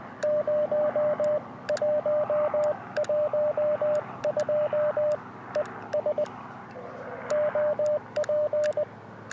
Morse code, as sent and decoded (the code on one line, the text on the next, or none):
----- .---- .---- ..--- / . ... / --- .--.
0112 ES OP